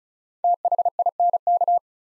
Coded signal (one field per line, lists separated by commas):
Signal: Morse code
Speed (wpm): 36 wpm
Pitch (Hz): 700 Hz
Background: none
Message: THINK